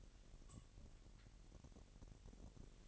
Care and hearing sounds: daily activity, microphone in the room; take from stove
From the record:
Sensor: 4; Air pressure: 1012.9 hPa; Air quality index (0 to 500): 239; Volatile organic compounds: 4 ppm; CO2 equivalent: 1589 ppm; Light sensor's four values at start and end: 28/67/27/26 and 28/68/27/26

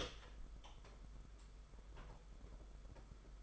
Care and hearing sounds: daily activity, microphone in the room; open door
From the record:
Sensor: 5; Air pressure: 991.8 hPa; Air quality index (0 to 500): 130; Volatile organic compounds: 68 ppm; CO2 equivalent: 3503 ppm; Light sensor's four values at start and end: 34/112/42/45 and 34/112/42/45

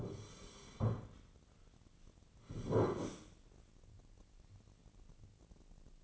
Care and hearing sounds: daily activity, microphone in the room; sit down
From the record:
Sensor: 4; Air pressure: 1010.0 hPa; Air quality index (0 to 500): 192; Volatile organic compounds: 3 ppm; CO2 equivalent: 1384 ppm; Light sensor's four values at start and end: 39/95/40/43 and 39/96/40/43

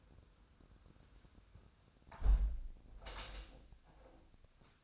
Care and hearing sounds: daily activity, microphone in the room; close window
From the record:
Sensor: 2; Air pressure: 1006.4 hPa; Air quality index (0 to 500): 204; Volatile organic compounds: 15 ppm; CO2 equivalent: 2500 ppm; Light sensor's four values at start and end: 9/22/9/9 and 9/21/9/9

